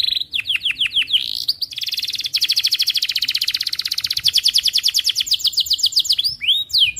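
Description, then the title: Atlantic canary song: a few quick downslurred notes, then a long, steady, rattling trill lasting several seconds, closing with sweeping chirps. Energetic, persistently singing canary ('gacor') with the best 'cengkok' song phrasing and the richest 'isian' song content. "Kenari Gacor Cengkok Terbaik Isian Paling Mewah Kenarigacor Kicaumania Kenari"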